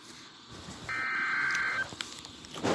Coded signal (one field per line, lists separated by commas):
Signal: Emergency Alert System (SAME) tones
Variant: header bursts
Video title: special Marine warning eas 47